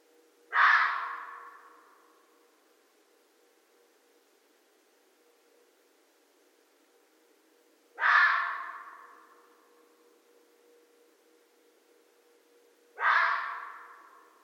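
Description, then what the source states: Red fox giving three harsh, raspy calls, each starting sharply and fading away; a quiet steady hum between. Recorded 13 January 2012.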